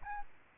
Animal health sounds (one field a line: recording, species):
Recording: mosquito wingbeat signal from an infrared sensor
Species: Aedes albopictus